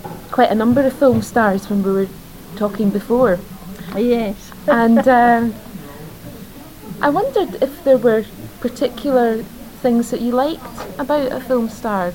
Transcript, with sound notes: quite a number of film stars when we were talking before.
Yes. [laughs]
And I wondered if there were particular things that you liked about a film star.